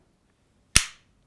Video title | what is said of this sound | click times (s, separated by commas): UNIQPOD review by Miklos Mayer | and each time it makes a very nice click | 0.8 s